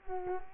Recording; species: mosquito wingbeat signal from an infrared sensor; Culex quinquefasciatus